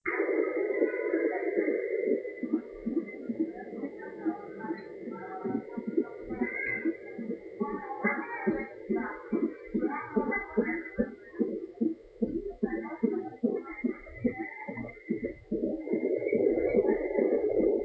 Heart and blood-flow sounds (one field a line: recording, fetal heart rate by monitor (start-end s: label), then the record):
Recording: fetal heart sounds by stethoscope on the mother's abdomen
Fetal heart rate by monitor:
0.00-10.00 s: 138 bpm
10.00-17.85 s: 147 bpm
From the record:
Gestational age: 30 weeks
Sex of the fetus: boy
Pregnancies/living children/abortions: 1/0/0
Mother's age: 23 years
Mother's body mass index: 28.3